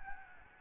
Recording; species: mosquito wingbeat signal from an infrared sensor; Aedes albopictus